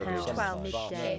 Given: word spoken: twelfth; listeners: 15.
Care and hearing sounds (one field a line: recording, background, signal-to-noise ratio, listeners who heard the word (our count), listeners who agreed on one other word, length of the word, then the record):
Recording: one English word in noise, from a listening test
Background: four-talker babble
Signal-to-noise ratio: -1.9 dB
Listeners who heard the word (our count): 0 of 15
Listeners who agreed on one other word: 8 of 15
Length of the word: 0.79 s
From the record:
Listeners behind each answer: 8, 4, 2, 1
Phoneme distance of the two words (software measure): 17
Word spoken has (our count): 1 syllable, 6 phonemes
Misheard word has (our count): 1 syllable, 5 phonemes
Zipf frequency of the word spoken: 3.20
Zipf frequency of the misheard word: 3.66